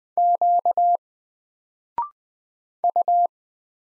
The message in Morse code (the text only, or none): Q U